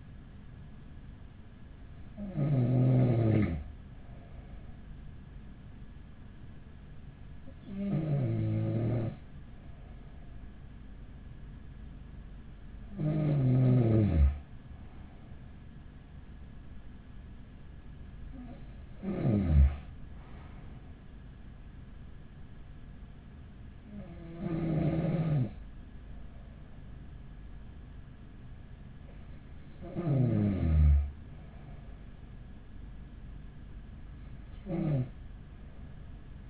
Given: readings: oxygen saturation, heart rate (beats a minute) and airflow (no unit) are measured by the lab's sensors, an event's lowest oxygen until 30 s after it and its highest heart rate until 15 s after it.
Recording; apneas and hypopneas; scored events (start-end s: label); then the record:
breathing in sleep by a smartphone at the bedside; none
none scored
From the record:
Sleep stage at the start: N2 (light sleep); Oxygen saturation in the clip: 94%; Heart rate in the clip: 41 to 45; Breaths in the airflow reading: 7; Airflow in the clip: -8.0 to 6.6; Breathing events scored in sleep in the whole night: 207 in 7.6 hours asleep